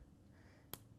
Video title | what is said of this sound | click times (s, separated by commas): 5 UNIQUE Cricut Iron On Project Ideas | So we heard them click, right? | 0.7 s